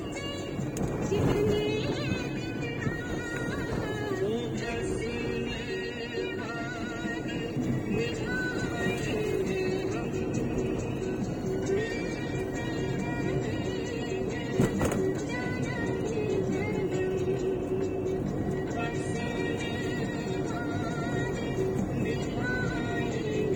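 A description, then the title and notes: A steady city bustle after dinner, with traffic rumble and scattered voices throughout, and one sharp knock near fifteen seconds. Roaming around the city after dinner. Wondering about the night life of Kolkata, West Bengal, India.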